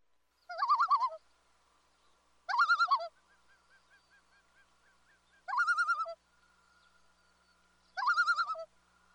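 Loon giving quavering tremolo calls, four loud wavering bursts spaced two to three seconds apart, with faint quieter warbling between them.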